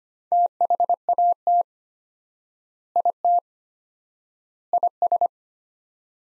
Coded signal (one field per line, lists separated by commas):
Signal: Morse code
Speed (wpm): 25 wpm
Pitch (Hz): 700 Hz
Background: none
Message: THAT IT IS